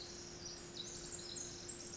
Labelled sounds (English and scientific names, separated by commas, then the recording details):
Pacific Wren (Troglodytes pacificus)
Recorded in Sonoma County, California